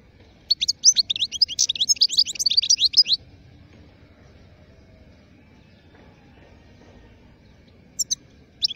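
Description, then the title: European goldfinch song: one fast, bright twittering phrase of about three seconds, then quiet broken by two short high chirps near the end. Wild bird. "اجمل غناءالحسون الخلويchant chardonneret sauvage"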